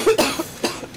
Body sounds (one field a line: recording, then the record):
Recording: coughing mixed with background sound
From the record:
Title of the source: 61 morning phlegmy cough...again